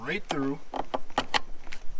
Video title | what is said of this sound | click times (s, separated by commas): HOW TO INSTALL MEGAN SHORT THROW SHIFTER '05-'10 SCION TC- Only time you'll say, "Smaller is better" | just like that and that locks into place so next up it's time to reinstall everything | 1.4 s